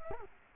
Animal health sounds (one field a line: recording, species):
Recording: mosquito wingbeat signal from an infrared sensor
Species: Culex quinquefasciatus